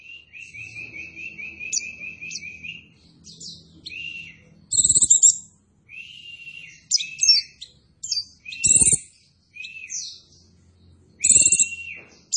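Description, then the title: White-eye song: a buzzy repeated trill followed by scattered high squeaky chirps and short twittering bursts, with a few loud clicks. Masteran (tutor) recording for training cage birds; pleci white-eye singing in gacor (vigorous, continuous) style. "Pleci Gacor. Masteran Burung PLECI"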